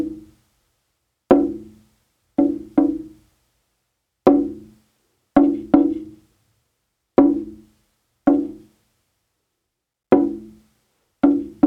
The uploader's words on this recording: 30 min slow drum soundscape.